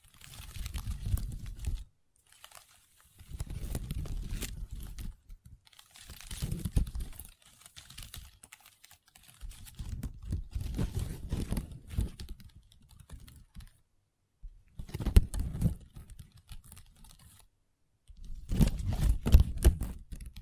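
Long nails tap and scratch a table in dense bursts of a few seconds each, separated by short silences, with low thuds and crisp scraping.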